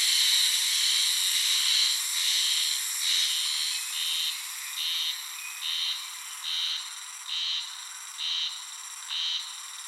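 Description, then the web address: Spring cicada song, short buzzy high-pitched bursts repeated about every 0.8 seconds and fading slightly over time, over a faint background hiss. 1 May 2015. "birdenaga haruzemi"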